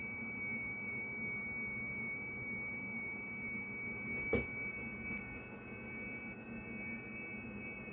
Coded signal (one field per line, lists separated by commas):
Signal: FT8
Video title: FT8 Aktivities on 14 MHZ with homemade rot. Dipole